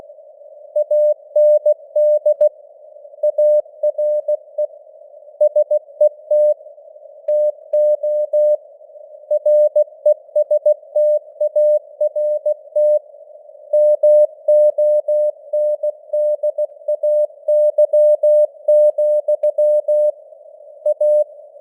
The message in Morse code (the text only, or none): AND ARE SET TO RESTART MONDAY, A